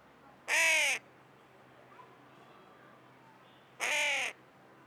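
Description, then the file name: Carrion crow uttering two strong, grating caws separated by roughly three seconds, with a quiet background between them. "Corvus corone"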